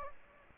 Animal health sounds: mosquito wingbeat signal from an infrared sensor; Aedes aegypti

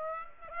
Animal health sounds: mosquito wingbeat signal from an infrared sensor; Aedes aegypti

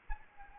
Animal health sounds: mosquito wingbeat signal from an infrared sensor; Anopheles arabiensis

